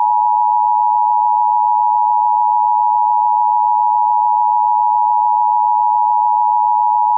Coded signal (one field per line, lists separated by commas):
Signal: Emergency Alert System (SAME) tones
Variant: 853 and 960 Hz attention tone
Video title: EAS Mini Scenario - Time Pauses